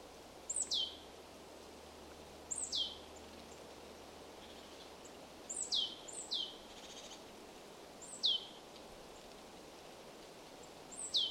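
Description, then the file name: Marsh tit giving repeated high, sharp, downward-sliding call notes, roughly every two to three seconds, two in a quick pair, over faint steady background noise. "Poecile palustris"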